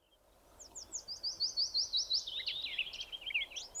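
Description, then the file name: Eurasian blackcap singing: a quick series of high, downslurred notes, then a fast, scratchy warble. "Sylvia atricapilla"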